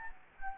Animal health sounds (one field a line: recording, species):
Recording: mosquito wingbeat signal from an infrared sensor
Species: Anopheles gambiae